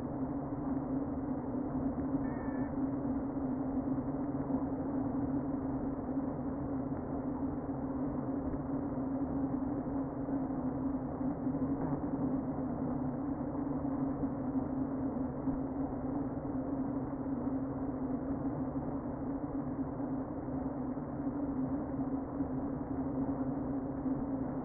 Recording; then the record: honeybee colony, microphone inside the hive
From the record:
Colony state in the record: queen present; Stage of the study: before two queens were removed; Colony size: about 60,000 bees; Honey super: yes